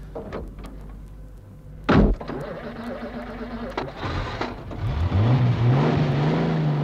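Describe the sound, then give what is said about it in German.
A car door slams shut with one sharp thud, then an engine starts up and revs, its low drone rising in pitch as the car pulls away and speeds up. “Abfahrt, alles im Lot.”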